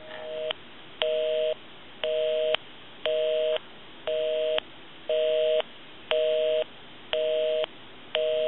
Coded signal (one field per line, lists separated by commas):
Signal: telephone call progress tone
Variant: North America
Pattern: busy tone